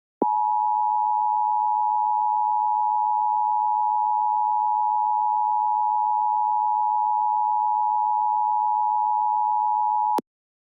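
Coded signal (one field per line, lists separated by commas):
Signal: Emergency Alert System (SAME) tones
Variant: 853 and 960 Hz attention tone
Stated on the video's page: Real AMBER Alert received live, not via NOAA Weather Radio.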